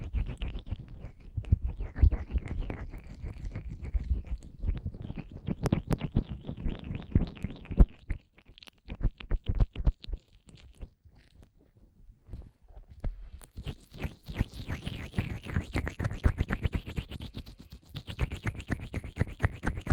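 Fast, intense ear massage with cream: dense, rapid squelching and rubbing strokes with wet crackle, busy from the start to about eight seconds. A sparser stretch of scattered taps and slow smears follows, then brighter, crisper rubbing returns from around thirteen seconds.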